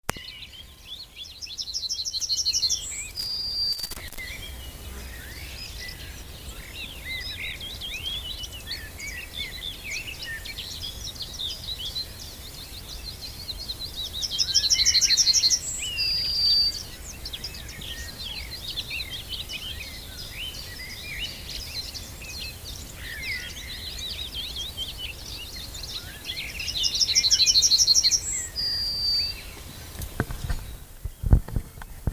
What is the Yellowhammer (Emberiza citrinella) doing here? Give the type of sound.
song